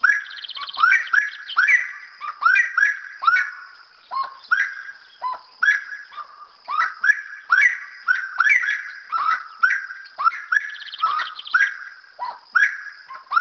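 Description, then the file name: Wood rail calls: loud, harsh, rhythmic notes repeated in rapid series, with brief dry rattling trills near the start and around eleven seconds, continuing throughout. "Saracura"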